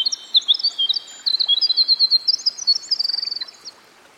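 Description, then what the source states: Winter wren song, a long rapid run of high tinkling notes and trills that spill on for over three seconds, then fade against a steady soft hiss. Recorded by a stream.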